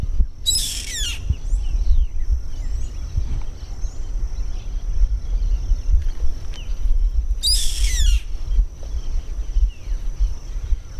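Bird calls: two short bursts of high, rapidly falling chirps about seven seconds apart, with faint thin notes between, over steady low rumbling noise.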